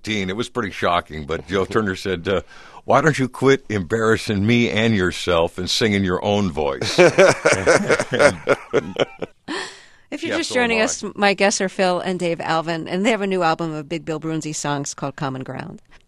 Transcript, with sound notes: it was pretty shocking, but Joe Turner said, why don't you quit embarrassing me and yourself and sing in your own voice?
(LAUGHTER)
If you're just joining us, my guests are Phil and Dave Alvin. And they have a new album of Big Bill Broonzy songs called "Common Ground."